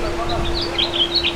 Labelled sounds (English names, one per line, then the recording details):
House Finch song
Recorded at Merrick on Long Island, New York, on 17 May 2013
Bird B